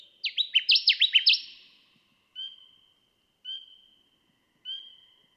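Connecticut warbler song, an emphatic one-second burst of quick, descending chip notes, followed by three separate high tonal notes about a second apart.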